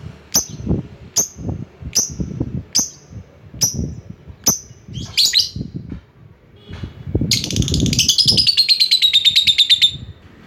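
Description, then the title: Lovebird calls: a series of sharp high chips a little under a second apart, a short burst of chatter, then a fast shrill rattling trill lasting nearly three seconds. Lovebird calling a rival. "Lovebird Memanggil Lawan"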